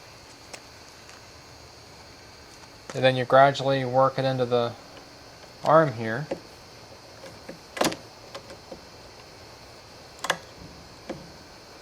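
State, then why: Not seated. Someone talks while a wiper blade adapter is worked gradually into the wiper arm hook on a 1995 Ford Crown Victoria. A few short plastic-like ticks and light handling noises are heard around 7.9 s and 10.3 s. The blade has not locked into the arm yet; nothing has seated or clicked.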